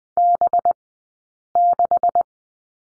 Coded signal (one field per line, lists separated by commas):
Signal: Morse code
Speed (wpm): 20 wpm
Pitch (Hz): 700 Hz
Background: none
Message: B6